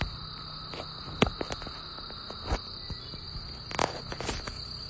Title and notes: The Cicada Issue. cicada symphony recorded by my sweet friend Heather. Magicicada, or periodical cicadas